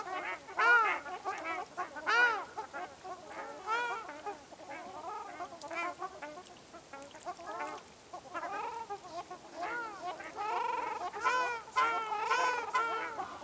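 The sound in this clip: Ruddy shelduck honking calls, nasal arched notes repeated from several birds in an overlapping chorus, louder bursts near the start and end.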